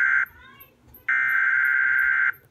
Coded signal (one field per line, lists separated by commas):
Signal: Emergency Alert System (SAME) tones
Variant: header bursts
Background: speech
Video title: Flash Flood Warning NE North Carolina (Ian’s Second Landfall) EAS #279